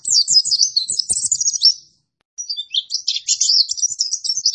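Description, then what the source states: White-eye delivering two short bursts of fast, high, jumbled twittering with a silent gap between them. Pleci (white-eye) singing in gacor style, used for training cage birds.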